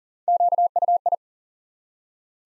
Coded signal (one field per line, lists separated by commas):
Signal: Morse code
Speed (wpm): 41 wpm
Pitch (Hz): 700 Hz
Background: none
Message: QUI